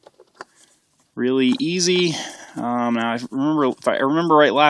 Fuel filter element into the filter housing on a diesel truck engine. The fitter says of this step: This just pops right in like that.